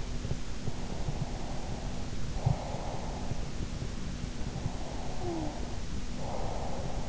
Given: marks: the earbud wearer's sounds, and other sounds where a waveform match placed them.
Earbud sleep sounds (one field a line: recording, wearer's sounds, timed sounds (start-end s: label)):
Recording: sounds in sleep by an in-ear microphone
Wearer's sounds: snoring breath, breath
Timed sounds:
0.55-3.45 s: snoring breath
4.57-7.09 s: breath